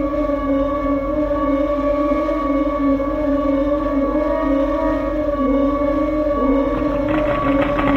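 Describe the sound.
Bees humming: a continuous, layered drone that dips and slides in pitch now and then, with a short crackling burst at the end.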